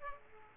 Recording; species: mosquito wingbeat signal from an infrared sensor; Aedes aegypti